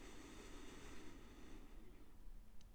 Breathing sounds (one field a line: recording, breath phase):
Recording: one breath near a microphone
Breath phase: inhalation